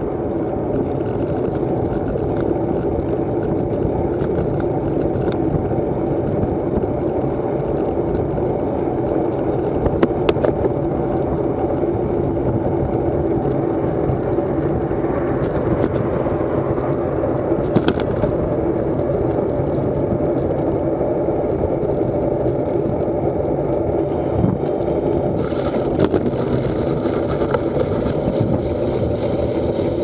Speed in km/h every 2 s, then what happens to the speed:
22, 23, 24, 25, 26, 26, 27, 29, 30, 31, 32, 32, 29, 25, 25.
0-20 speeds up to 32. 20-30 slows to 25.